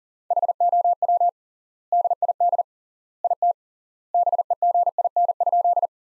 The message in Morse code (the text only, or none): HOW DID IT BEGIN?